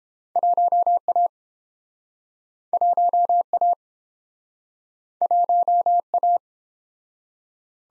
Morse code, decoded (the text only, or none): 1A 1A 1A